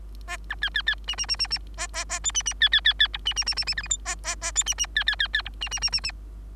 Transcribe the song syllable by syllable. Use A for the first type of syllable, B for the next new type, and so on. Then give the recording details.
A B C C C D D D D D A A A E D D C C C C F D D D D D G H I A A A E D D C C C C F D D D D D. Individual Bird3